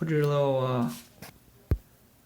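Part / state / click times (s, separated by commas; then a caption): micro SD card from dash cam card slot / released / 1.7 s. Someone talks as a seated micro SD card in a Rexing dash cam's card slot is pushed again with a fingernail. The spring latch releases with a sharp click at 1.7 s and ejects the card.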